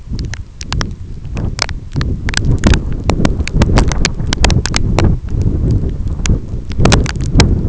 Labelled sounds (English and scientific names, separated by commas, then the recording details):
none
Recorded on Arctic tundra, site EABA-1, on 25 June 2018
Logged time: 06:00